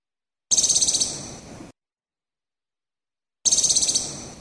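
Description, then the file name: Moluccan woodcock call: two bursts of a high-pitched, rapidly pulsed rattle that weakens toward its end, the second following after nearly two seconds of silence. Maluku. "suara kicauan berkik gunung maluku"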